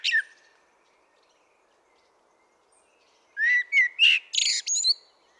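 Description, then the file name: Common blackbird: a brief high note at first, quiet, then a fluty phrase of a few whistled notes rising into a jumble of squeaky twitters. "Turdus merula"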